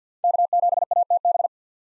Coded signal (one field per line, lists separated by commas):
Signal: Morse code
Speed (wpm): 50 wpm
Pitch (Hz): 700 Hz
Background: none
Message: K7ATB